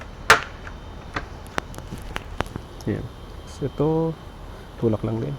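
A plastic fairing panel clip on a PCX 160 Roadsync scooter is pushed by hand into the scooter body during a DIY top box install. A loud click at 0.3 s shows the clip seating, followed by a few lighter taps and someone talking. The clip locks in place.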